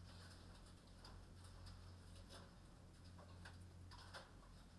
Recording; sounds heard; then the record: poultry house recording; no chicken sound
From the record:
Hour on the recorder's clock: 21